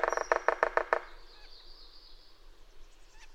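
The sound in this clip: Bird calling with a quick series of harsh chattering notes in the first second, then a faint trailing whistle over quiet background.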